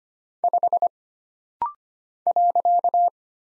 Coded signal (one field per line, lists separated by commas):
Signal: Morse code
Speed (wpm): 25 wpm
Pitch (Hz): 700 Hz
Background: none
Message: 5 .